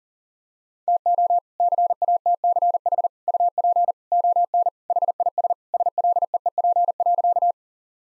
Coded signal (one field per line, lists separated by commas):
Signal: Morse code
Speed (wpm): 40 wpm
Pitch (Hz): 700 Hz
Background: none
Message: TO CATCH UP ON HIS SLEEP.